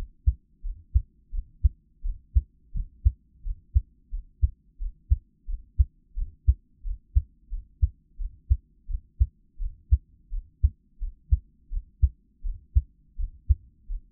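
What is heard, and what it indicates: Steady, regular low lub-dub thumps at roughly 80 beats a minute from an adult's own heart, heard up close as Taiwanese ASMR, with no talking.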